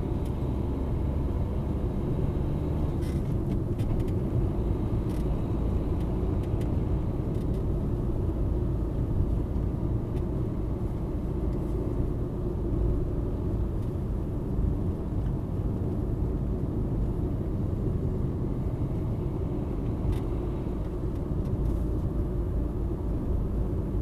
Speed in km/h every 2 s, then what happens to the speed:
53, 57, 58, 60, 58, 57, 56, 56, 55, 56, 58, 57.
0-5 speeds up to 60. 5-24 steady at about 57.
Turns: none.